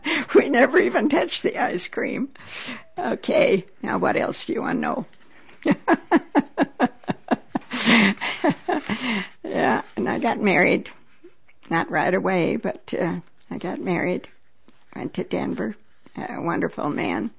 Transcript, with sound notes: We never even touched the ice cream. Okay. Now what else do you want to know? (She laughs.) And I got married. Not right away, but I got married, went to Denver, a wonderful man.